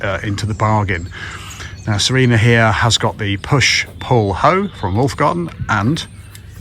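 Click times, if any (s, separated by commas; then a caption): none. A Wolf-Garten push-pull hoe head is being handled alongside its interchangeable multi-change tool handle while someone talks, with faint cricket-like chirps in the background. Nothing has seated or clicked onto the handle yet.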